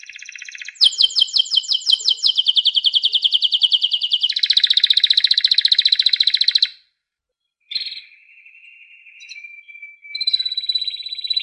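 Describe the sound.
Domestic canary song: rapid repeated chirping notes run into a long, dense high trill, then a short pause before a thin steady whistle and another bright trill.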